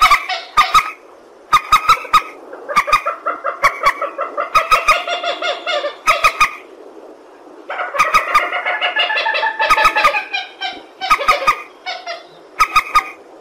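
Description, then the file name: Purple swamphen calling in short bursts of honking, stuttering notes, with longer cackling runs between them and sharp clicks. "tieng trich re keu"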